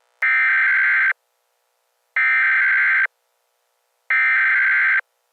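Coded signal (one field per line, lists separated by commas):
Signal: Emergency Alert System (SAME) tones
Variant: header bursts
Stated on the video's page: Fictional EAS mock.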